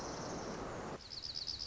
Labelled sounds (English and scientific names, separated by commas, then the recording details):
Dark-eyed Junco (Junco hyemalis)
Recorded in Sonoma County, California